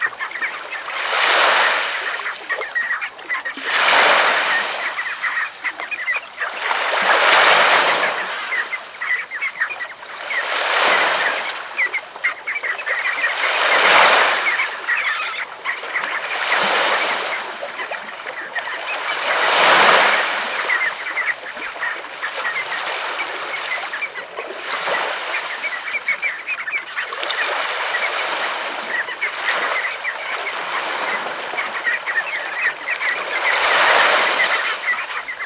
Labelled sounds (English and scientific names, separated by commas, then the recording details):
Red Knot (Calidris canutus) call
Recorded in the wild
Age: adult
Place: Kloster, Insel Hiddensee, Mecklenburg-Vorpommern, DE
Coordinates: 54.5826, 13.1013
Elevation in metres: 0
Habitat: sea coast
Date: 2023-09-06 06:25
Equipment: Olympus LS, internal mics, 300 Hz HP
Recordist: Frommolt, Karl-Heinz